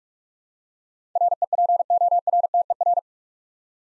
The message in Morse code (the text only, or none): REPORTER